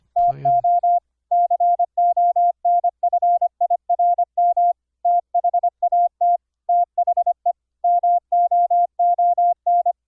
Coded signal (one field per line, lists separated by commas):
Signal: Morse code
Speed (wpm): 26 wpm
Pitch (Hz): 700 Hz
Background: none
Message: TO CONFIRM THAT THE MOON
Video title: Morse Code QSO over the internet - software setup - config 22 - KXstudio(pt 2)